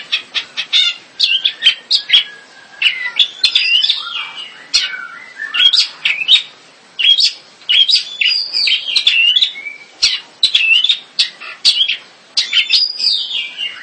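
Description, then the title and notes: Bird song: continuous, energetic high-pitched twittering with rapid trills and slurred whistles, barely pausing throughout. "Bird Sound. Kicau Burung Lengkap"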